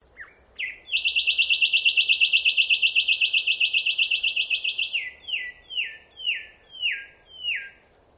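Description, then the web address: Bird calling: two short notes, then a long fast buzzy trill for about four seconds, followed by five slurred downward whistles. Call, in a swamp. "Sound Effects-Foundation 1 BIRD UNKNOWN SWAMP CALL"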